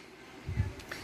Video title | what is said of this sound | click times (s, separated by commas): ＜過譽還是真的很厲害？！＞ 萬惡B社團 RG勇者王／我王凱牙 REAL GRADE GAOGAIGAR 勇者王ガオガイガー 完全變形合體 | 拉出来之后呢，这块再把它扣上，这个就是一个卡扣啦， | 0.9 s